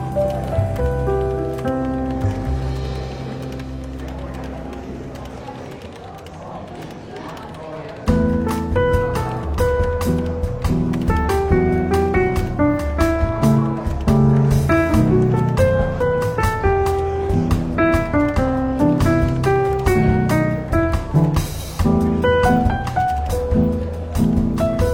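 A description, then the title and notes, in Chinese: Soft, relaxed jazz plays in a bookshop café. For the first eight seconds, held chords ring out gently, then the band picks up with steady brushed drums and a busier, fuller groove. The louder, rhythmic playing carries on without a break to the end. 伦敦书店咖啡馆轻微喧闹氛围与柔和轻松的爵士背景音乐。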